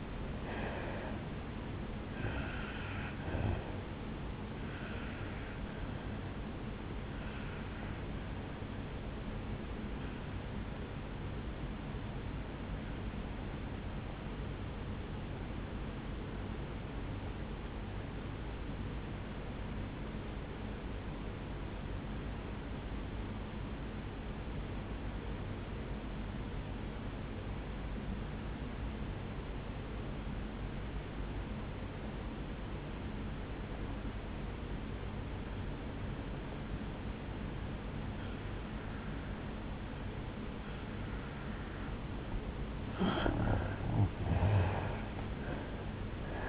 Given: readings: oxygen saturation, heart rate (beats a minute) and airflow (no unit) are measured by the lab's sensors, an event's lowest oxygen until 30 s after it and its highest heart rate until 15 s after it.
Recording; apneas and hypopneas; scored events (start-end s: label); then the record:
breathing in sleep by a voice recorder at the bedside; 1
11.00-41.70 s: obstructive apnea (N1, oxygen 96% highest, then 83% lowest, heart rate 60 at the start, 76 highest)
29.00-46.49 s: new sleep stage, N2 (light sleep)
From the record:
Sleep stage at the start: N1 (lightest sleep); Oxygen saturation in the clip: 85 to 96%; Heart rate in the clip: 55 to 73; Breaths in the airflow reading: 3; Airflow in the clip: -11.0 to 7.6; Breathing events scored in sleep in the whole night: 449 in 7.0 hours asleep